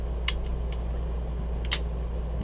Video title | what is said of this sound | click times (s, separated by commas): S1:LAWG E11: Gearing up for better photo & video - Nomadic Native | got these feet on the bottom right these are metal they click into place so | 0.3 s, 1.7 s